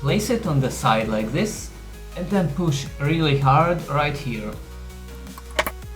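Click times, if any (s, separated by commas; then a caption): 5.6 s. Someone talks over background music while a plastic cable clip is placed on the side of an aluminium frame extrusion of a Prusa MK4 and pushed hard. A sharp click at 5.6 s marks the clip snapping into the extrusion slot, and it is seated.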